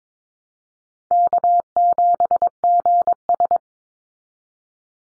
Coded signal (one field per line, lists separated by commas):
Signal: Morse code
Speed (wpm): 22 wpm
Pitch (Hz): 700 Hz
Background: none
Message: K7GS